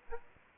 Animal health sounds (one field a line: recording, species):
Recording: mosquito wingbeat signal from an infrared sensor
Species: Aedes aegypti